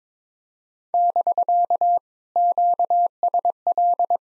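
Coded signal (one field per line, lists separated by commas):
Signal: Morse code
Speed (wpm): 22 wpm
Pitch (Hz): 700 Hz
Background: none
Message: <BK> QSL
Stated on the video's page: POTA exchange practice at 22 wpm, each exchange sent in Morse, then spoken, then sent again.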